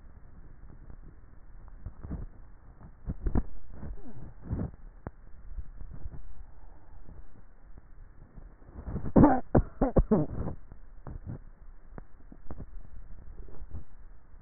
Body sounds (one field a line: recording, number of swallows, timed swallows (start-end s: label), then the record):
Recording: swallowing sounds by neck microphone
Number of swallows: 3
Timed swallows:
2.85-4.02 s: swallow
5.38-6.15 s: swallow
13.02-13.68 s: swallow
From the record:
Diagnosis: dysphagia